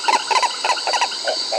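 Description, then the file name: Bird calls: short, nasal, harmonic notes in quick clusters, then softer, lower notes toward the end, over a steady high-pitched hiss or insect drone. "SABIOD 50 bird 2015"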